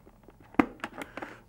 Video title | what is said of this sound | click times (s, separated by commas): How to change a visor: Bell Broozer motorcycle helmet | That's clicked back in place. | 0.6 s